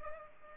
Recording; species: mosquito wingbeat signal from an infrared sensor; Culex pipiens